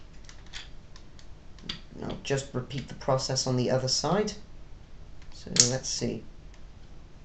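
The plastic gun or trailer section on a Cybertron/Galaxy Force Optimus Prime (Second Edition) transforming robot toy is handled as the gun and trailer-side step is repeated on the second side. Light plastic ticks and taps occur over the first two seconds, the sharpest at about 1.7 s, while someone talks. Nothing has snapped into place yet; the part is not seated by the end of the clip.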